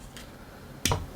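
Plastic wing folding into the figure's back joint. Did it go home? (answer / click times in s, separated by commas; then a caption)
yes / 0.9 s. The plastic wings of a Magic Square MS-B47B Dark Knight Shattered Glass Jetfire robot figure are folded inward into the figure's back joint during transformation, to get them out of the way. A faint tick near 0.2 s is followed by one sharp snap-like click at 0.9 s as the wings seat in their folded position.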